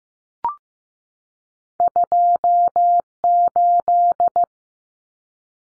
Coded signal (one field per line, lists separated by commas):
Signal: Morse code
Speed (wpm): 15 wpm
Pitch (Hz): 700 Hz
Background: none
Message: 28